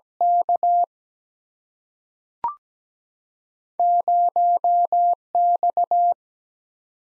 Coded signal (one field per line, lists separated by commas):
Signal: Morse code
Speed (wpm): 17 wpm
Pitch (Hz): 700 Hz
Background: none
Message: K 0X